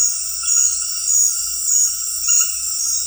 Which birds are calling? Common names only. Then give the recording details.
none. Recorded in dense forest near Puerto Asís, Putumayo, Colombia, on 20 February 2024 at 22:30. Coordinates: 0.484, -76.317. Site G6464